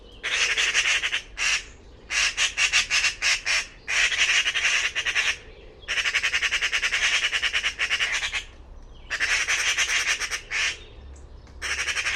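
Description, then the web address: Bird repeating grating, rapidly pulsed squawk series, several bursts, some short, some lasting about two seconds. Call type labelled "Pi Pi Pi Pi" class, bird-only dataset, 2025. "cianscape birddata Deverinetal 2025 File origin Bird Only More Classes Pi Pi Pi Pi"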